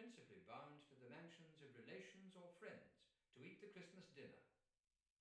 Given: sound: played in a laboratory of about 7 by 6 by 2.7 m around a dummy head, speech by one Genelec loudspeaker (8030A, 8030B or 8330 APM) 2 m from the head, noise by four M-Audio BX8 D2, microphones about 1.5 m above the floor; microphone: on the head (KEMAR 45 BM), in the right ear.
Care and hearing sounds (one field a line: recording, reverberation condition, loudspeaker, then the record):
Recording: male speech in English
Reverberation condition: medium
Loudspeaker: 30 degrees to the left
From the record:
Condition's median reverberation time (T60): about 510 ms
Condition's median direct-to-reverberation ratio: about -0.5 dB